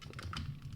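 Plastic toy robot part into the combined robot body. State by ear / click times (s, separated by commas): not seated / none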